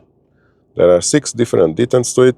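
The front centre armrest lid of a 2015 Skoda Superb Style 2.0 TDI 4x4 DSG with 156,000 km is being handled in its hinge ratchet, which has six detent positions. After about 0.8 seconds of near silence, someone talks for the rest of the clip. Nothing has clicked or seated yet.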